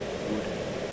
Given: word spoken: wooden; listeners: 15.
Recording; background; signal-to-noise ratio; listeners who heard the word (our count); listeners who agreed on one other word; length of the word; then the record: one English word in noise, from a listening test; speech-shaped noise; -4.4 dB; 5 of 15; 8 of 15; 0.52 s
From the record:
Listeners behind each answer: 8, 5, 1, 1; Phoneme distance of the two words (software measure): 7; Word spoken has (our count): 2 syllables, 4 phonemes, stress on syllable 1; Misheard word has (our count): 1 syllable, 3 phonemes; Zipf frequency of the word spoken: 4.29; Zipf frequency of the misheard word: 4.78